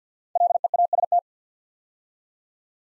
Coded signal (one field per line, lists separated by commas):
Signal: Morse code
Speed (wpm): 53 wpm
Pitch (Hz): 700 Hz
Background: none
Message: LEAST